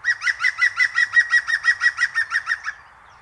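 European Green Woodpecker call, a rapid laughing run of many sharp yelping notes at a steady pace, holding pitch, ending abruptly into quiet.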